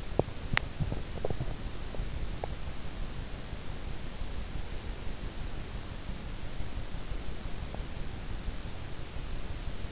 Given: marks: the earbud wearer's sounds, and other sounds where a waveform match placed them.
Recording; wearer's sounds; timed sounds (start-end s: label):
sounds in sleep by an in-ear microphone; teeth grinding
0.00-2.68 s: teeth grinding